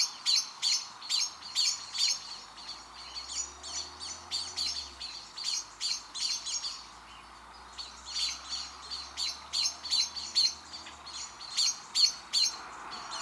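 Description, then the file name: Common blackbird calling with a long series of sharp, metallic chinks, two or three a second, broken by a pause of about a second midway. "Turdus merula"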